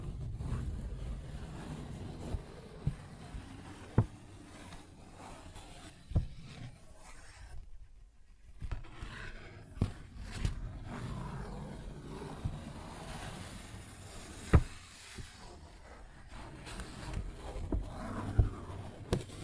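Fingers scratch and rub across a paper bag in a low, rough crinkle that runs almost without a break, easing off briefly around eight seconds. Sharp taps cut through every few seconds, clearest near 4, 6, 10, 14.5 and 18.5 seconds.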